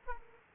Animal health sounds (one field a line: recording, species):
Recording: mosquito wingbeat signal from an infrared sensor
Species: Aedes aegypti